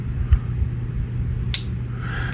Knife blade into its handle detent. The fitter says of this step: nice Clickety that's really nice okay